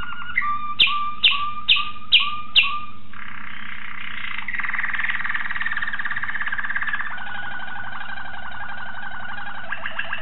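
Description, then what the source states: Waterslager canary opening with several loud rising whistles, then shifting into long bubbling rolls and a steady trilled tour, with a low hum throughout. Waterslager canary; song variations.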